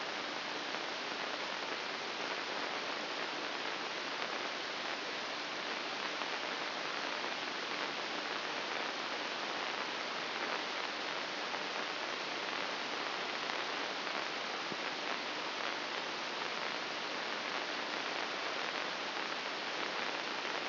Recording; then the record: brain microelectrode recording played as sound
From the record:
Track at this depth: inside the subthalamic nucleus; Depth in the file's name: 2.205 mm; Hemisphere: right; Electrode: 2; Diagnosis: Parkinson's disease